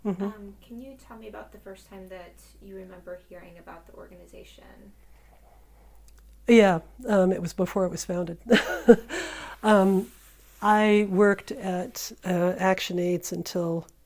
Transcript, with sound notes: Can you tell me about the first time that you remember hearing about the organization?
Yeah. It was before it was founded. [laughter] I worked at ActionAIDS until,